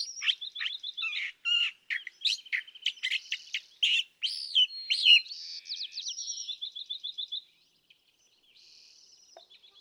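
California thrasher song, a fast jumble of sharp chirps, buzzy notes and short trills for about seven seconds, then a short pause and a few soft notes.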